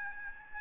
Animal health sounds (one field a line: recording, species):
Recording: mosquito wingbeat signal from an infrared sensor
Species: Aedes albopictus